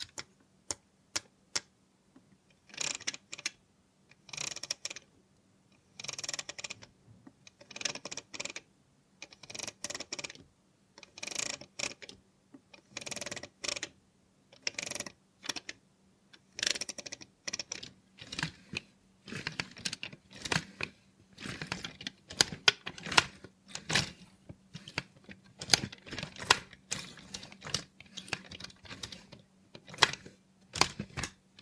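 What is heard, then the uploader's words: A robot hand makes rapid, bright typing-like clicks in short bursts, growing denser and more scattered after twenty seconds, over a faint steady hum. Try ASMR with a Robot Hand (No Talking).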